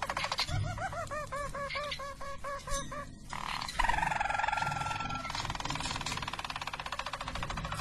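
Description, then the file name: Harz Roller canary song opening with evenly spaced, hollow arched notes, about four a second, then a smooth sustained roll and a fast buzzy trill. Belgian Harz Roller canary. "canto do canario belga harz roller"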